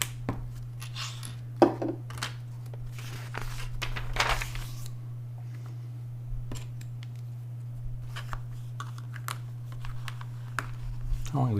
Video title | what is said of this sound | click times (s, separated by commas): Inaugural live stream build and chat! | you can hear these clicking in place not | 0.0 s, 9.3 s, 10.6 s